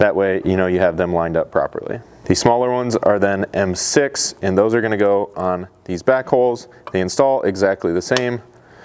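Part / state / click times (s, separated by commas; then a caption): clip nut onto steel rock slider flange hole / not seated / none. Someone talks while handling M6 clip-on nuts meant to be pressed by their open end onto the back holes of a Chevy Colorado Blitz rock slider's steel flange. Nothing has seated or clicked yet.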